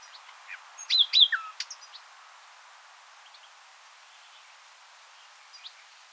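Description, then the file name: Common nightingale song fragment: a short burst of sharp chirps and slurred whistled notes, then quiet with soft background hiss. "Luscinia megarhynchos"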